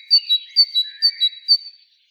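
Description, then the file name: Great tit giving a quick two-note whistled motif, high note then lower, repeated three times at a brisk even pace and ending on a single high note. "Parus major"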